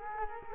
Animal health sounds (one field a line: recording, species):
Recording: mosquito wingbeat signal from an infrared sensor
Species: Culex quinquefasciatus